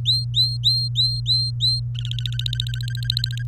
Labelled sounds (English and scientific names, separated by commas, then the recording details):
Domestic Canary (Serinus canaria) song
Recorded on 24 April 2018 at 18:07
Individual llb3